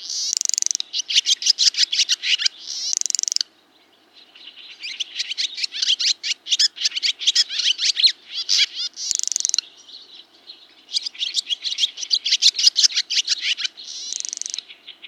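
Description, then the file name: Barn swallow singing a fast, chattering twitter of high notes, broken by scratchy rattles and brief pauses, running almost continuously throughout. "ladusvala"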